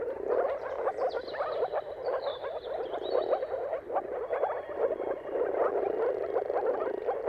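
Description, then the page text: Moor frogs calling as a dense bubbling chorus of pulsed croaks, while a thin descending bird whistle sounds faintly above them early on. Mating calls of many moor frogs in a dawn chorus at sunrise, at the turn of March and April, timing depending on the weather. "Jakub-Orzecki moor frogs. Dawn’s Chorus: Mating Calls of Marsh Frogs at Sunrise. Depending on the weather at the turn of March and April, you can witness an amazing spectacle of moor frogs"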